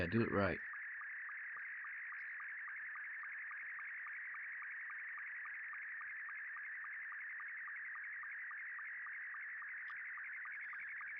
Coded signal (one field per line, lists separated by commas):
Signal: SSTV (slow-scan television)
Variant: Scottie 2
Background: speech